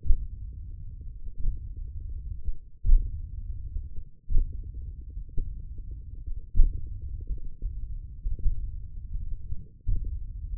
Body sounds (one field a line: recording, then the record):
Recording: forearm muscle sounds (acoustic myography)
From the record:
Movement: hand opening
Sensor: system 1, eight BSWA MPA416 microphones around the upper forearm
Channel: 1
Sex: male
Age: 20 years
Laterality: left